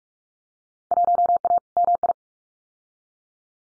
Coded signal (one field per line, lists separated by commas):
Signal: Morse code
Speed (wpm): 46 wpm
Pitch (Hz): 700 Hz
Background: none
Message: 1A MI